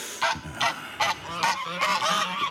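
Several geese honk loudly in a rapid, overlapping series of harsh, nasal calls, the honks coming in quick bursts and then running together into a continuous clamour.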